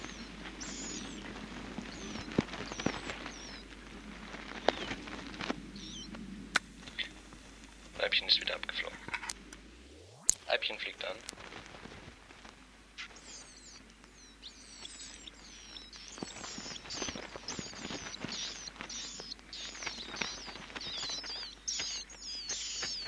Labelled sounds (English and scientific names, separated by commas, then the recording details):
Willow Warbler (Phylloscopus trochilus) call
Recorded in captivity
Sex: diverse
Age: diverse
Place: Volierenanlage, Zoologisches Institut Universität Tübingen, Baden-Württemberg, DE
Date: 1968-06-05
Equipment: Kapselmikrophon, LGS26
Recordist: Schneider, Hans-Joachim